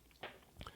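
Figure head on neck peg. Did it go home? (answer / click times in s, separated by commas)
released / 0.6 s, 0.7 s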